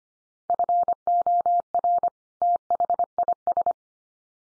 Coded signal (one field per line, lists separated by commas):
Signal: Morse code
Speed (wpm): 25 wpm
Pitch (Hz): 700 Hz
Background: none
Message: FOR THIS